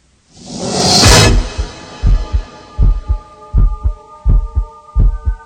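A loud whooshing swell gives way to a steady, real recorded human heartbeat from a pop song's intro, deep paired thumps repeating at a regular pace, while a low sustained synth tone fades in beneath them.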